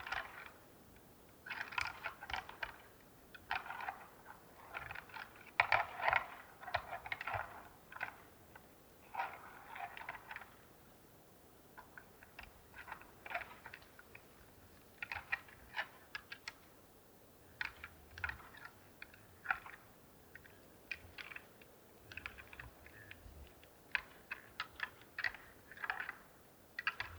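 Two red deer stags fight in the distance, their antlers clacking in irregular rattling bursts every few seconds over a faint low hum.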